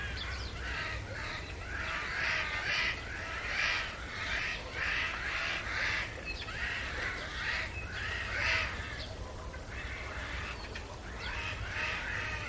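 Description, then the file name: Eurasian jay's hoarse, scratchy rasping calls repeated many times over a steady low background rumble. "Garrulus glandarius"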